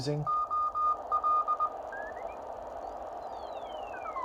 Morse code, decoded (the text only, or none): OL